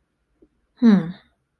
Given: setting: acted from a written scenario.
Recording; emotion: vocal sound without words; neutral